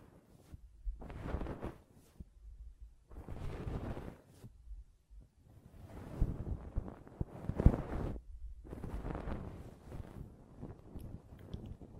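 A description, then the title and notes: Ear cleaning and blowing: repeated bursts of breathy, rushing air arrive about every two seconds, each lasting roughly a second, with near-silent gaps between them. The bursts are rough and full, with a low rumble underneath, and a sharp click lands near the eight-second mark. ASMR Ear Cleaning and Blowing (No Talking).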